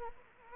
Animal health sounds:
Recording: mosquito wingbeat signal from an infrared sensor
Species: Anopheles arabiensis

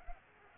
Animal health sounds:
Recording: mosquito wingbeat signal from an infrared sensor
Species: Culex pipiens

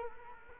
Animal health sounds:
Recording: mosquito wingbeat signal from an infrared sensor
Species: Culex quinquefasciatus

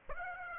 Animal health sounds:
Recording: mosquito wingbeat signal from an infrared sensor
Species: Aedes aegypti

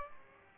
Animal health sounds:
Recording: mosquito wingbeat signal from an infrared sensor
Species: Aedes aegypti

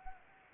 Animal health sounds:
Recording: mosquito wingbeat signal from an infrared sensor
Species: Anopheles arabiensis

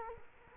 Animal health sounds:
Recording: mosquito wingbeat signal from an infrared sensor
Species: Culex quinquefasciatus

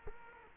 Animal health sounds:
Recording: mosquito wingbeat signal from an infrared sensor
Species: Culex quinquefasciatus

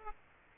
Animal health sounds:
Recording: mosquito wingbeat signal from an infrared sensor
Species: Aedes aegypti

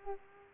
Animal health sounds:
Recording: mosquito wingbeat signal from an infrared sensor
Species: Culex pipiens

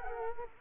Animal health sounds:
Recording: mosquito wingbeat signal from an infrared sensor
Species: Culex quinquefasciatus

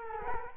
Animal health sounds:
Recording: mosquito wingbeat signal from an infrared sensor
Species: Culex quinquefasciatus

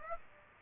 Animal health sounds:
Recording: mosquito wingbeat signal from an infrared sensor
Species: Aedes aegypti

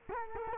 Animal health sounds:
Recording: mosquito wingbeat signal from an infrared sensor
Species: Culex quinquefasciatus

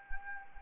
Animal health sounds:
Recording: mosquito wingbeat signal from an infrared sensor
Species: Anopheles arabiensis

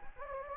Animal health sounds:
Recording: mosquito wingbeat signal from an infrared sensor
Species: Anopheles gambiae

